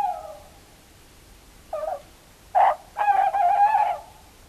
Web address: earth naturelibrary. tawny owl